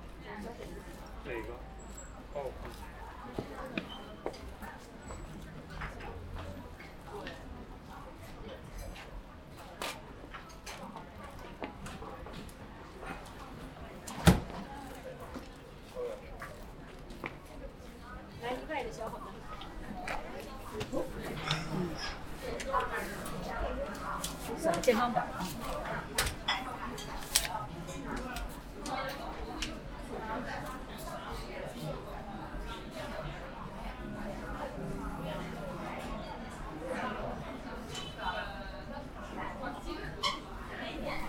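A trip down Xiang'er Hutong for a bowl of noodles: voices talk on and off over a steady bed of shuffling, footsteps and small clattering taps. A sharp knock lands near 14 seconds and another near 25, and the scene grows busier in the second half.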